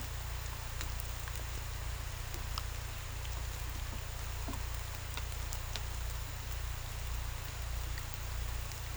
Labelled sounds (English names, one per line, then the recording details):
none
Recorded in pastures near Puerto Asís, Putumayo, Colombia, on 18 December 2024 at 16:00
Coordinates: 0.486, -76.323
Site GP01